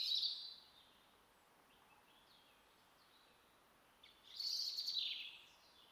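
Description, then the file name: European robin song: a short, high, tinkling phrase at the start, a pause of about three seconds, then a second bright, thin warble. "Erithacus rubecula"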